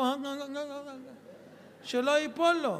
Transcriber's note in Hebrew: צחוק בקהל